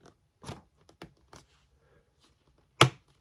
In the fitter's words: there you go it snaps in